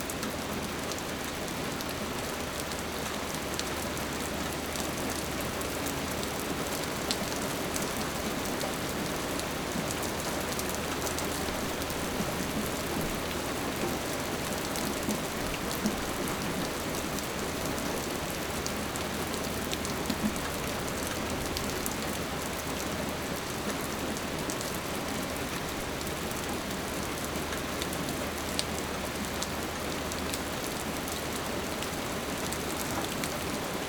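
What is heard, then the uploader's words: Steady rain falls over a suburban neighborhood, a dense, even hiss with countless fine drops pattering on hard surfaces. A low hum sits underneath for most of the clip, and scattered louder drips stand out now and then, while the overall level barely changes. Raining in the Suburbs.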